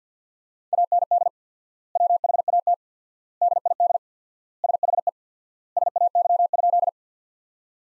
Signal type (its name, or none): Morse code